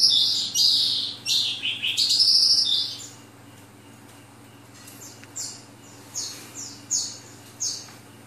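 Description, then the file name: Oriental skylark song, a burst of rich high warbling followed by a pause, then several separate short descending chirps, over a low hum. Vietnam. "suara kicauan sonca branjangan vietnam. omkicau"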